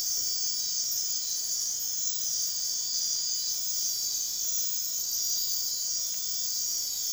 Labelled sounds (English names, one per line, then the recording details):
none
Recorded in dense forest near Puerto Asís, Putumayo, Colombia, on 19 February 2024 at 03:00
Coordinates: 0.499, -76.324
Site G6469